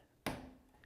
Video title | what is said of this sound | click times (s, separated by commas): Table Rock Series Swing Door Installation Video | and you hear that click we're done | 0.3 s